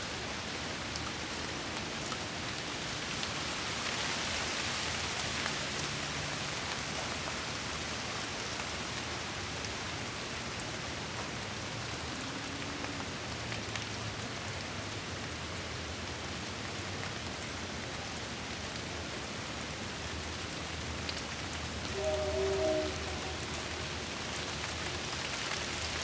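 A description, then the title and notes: Light rain patters steadily with a soft, even hiss, and a faint low tone briefly rises in the background around twenty-two seconds. The light rain was recorded using my NT5 mics pointed out the window to pick up the sounds from the backyard.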